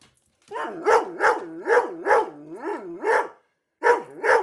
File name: dog german short haired pointer bark and whimper fienup